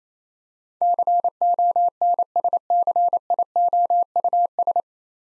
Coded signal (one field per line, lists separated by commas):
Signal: Morse code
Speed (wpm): 29 wpm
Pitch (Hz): 700 Hz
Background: none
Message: CONSCIOUS